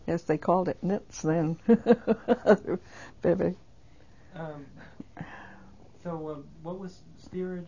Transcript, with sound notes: They called it nits then. [she laughs]
Um, so, what was steerage?